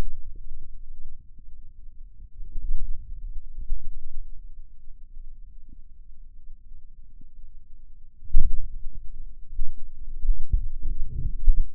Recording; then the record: forearm muscle sounds (acoustic myography)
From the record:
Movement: wrist flexion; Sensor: system 2, bracelet of six BSWA MPA416 microphones around the upper forearm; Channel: 5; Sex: male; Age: 22 years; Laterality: right